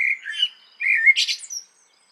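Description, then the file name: Common blackbird giving a single short song phrase: a few mellow fluted notes followed by a brief, high scratchy twitter. "Turdus merula"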